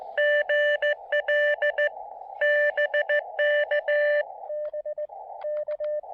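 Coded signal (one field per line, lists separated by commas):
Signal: Morse code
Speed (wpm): 16 wpm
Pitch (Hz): 590 Hz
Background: radio noise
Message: GL BK SK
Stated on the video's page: SOTA activation on a summit using a transformer-less random wire antenna, with pileups.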